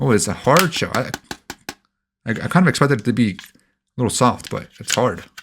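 Someone talks while handling a hard plastic protective case with a magnetic ring, about to press it onto a Samsung Galaxy S25 Ultra smartphone. Between phrases, a few short, sharp taps of handling are heard around 1.5 and 1.7 seconds. The case has not snapped on or seated yet.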